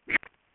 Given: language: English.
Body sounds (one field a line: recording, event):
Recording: throat vibration sensor signal played as sound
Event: swallow